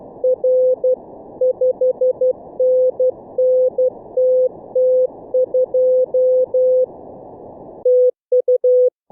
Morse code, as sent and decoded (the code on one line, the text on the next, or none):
.-. / ..... -. -. - - ..--- / - ..-
R 5NNTT2 TU